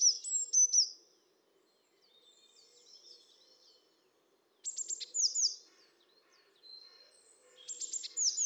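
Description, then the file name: Eurasian blue tit giving high, thin notes, then harsher downward-sweeping calls in bursts, over a faint low hum throughout. "Cyanistes caeruleus"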